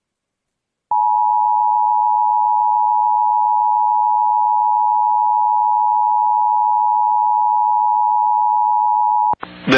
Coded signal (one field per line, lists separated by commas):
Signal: Emergency Alert System (SAME) tones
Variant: 853 and 960 Hz attention tone